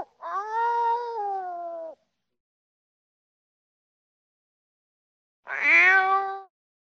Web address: кошки